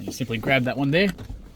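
In the cabin of a 2019 Toyota Land Cruiser Prado VX SUV, someone talks while handling the folding rear seat, getting ready to pull its handle and swing it toward its locked position. Nothing has seated or clicked yet.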